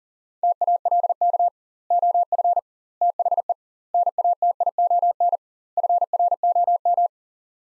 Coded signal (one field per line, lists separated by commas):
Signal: Morse code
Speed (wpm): 40 wpm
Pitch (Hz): 700 Hz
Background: none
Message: TALK OF THE NATION FROM